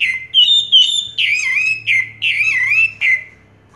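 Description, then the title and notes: Orange-headed thrush song: loud, clear whistled phrases sliding and wavering, given in quick succession with short gaps, then stopping. Indonesian 'teler' song style with a clear voice; part of a complete collection of this thrush's sounds. "Anis Merah Teler Suara Jernih. kumpulan suara anis merah lengkap"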